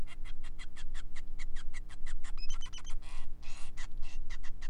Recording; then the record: song of a male Bengalese finch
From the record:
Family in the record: son of father 5